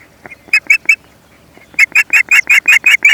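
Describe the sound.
Osprey giving short, sharp whistled notes with a harsh edge, a brief trio followed by a faster run of about eight evenly spaced chirps.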